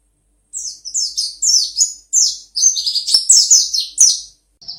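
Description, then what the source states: White-eye song: rapid phrases of high, down-slurred chirps, becoming a denser, jumbled warble. Pleci (white-eye) songs; the song style is described as ngalas ngeroll.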